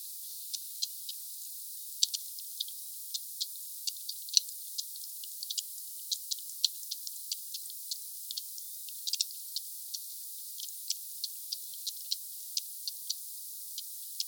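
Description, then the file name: Sperm whale clicks, a dense, uneven stream of quick ticks with occasional louder ones throughout. "Sphyrna Odyssey Glotinetal meute 4 Cachalots 3 kmdistance enregistre-2 msurface 12 mn Sud Monaco HP 8 k Hz ralenti 5 foisenviron 20200114 160058"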